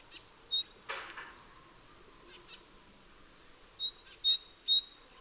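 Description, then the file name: Great tit with a couple of high notes, a loud thump, a quiet stretch, then a quick run of repeated two-note phrases. "Parus major"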